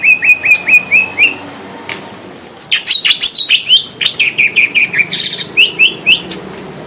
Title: Suara Burung Cucak Ijo